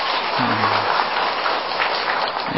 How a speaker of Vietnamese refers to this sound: cho anh chàng pháo tay đi.